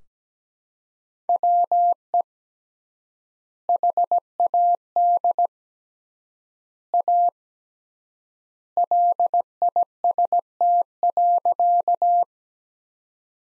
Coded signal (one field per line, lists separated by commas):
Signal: Morse code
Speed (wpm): 17 wpm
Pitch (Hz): 700 Hz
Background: none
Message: WE HAD A LIST.